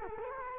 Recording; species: mosquito wingbeat signal from an infrared sensor; Culex quinquefasciatus